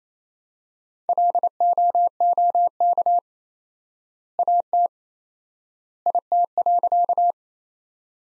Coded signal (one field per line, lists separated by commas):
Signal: Morse code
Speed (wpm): 28 wpm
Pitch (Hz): 700 Hz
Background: none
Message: LOOK AT IT.